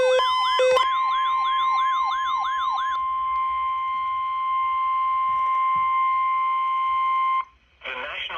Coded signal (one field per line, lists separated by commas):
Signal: Emergency Alert System (SAME) tones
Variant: 1050 Hz attention tone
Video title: EAS Alerts From 3/15-3/16/25: A Compilation (EAS 512-533)